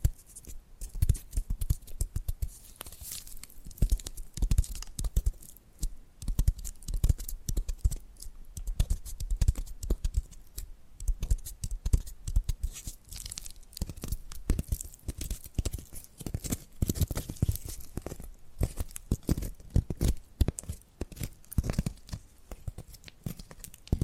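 Tapping and scratching sounds run for the whole stretch as a dense, irregular stream of short clicks and rasping strokes, with no real pauses. Sharp taps land several times a second, some with a dull low thump, mixed with papery crinkling and tearing textures.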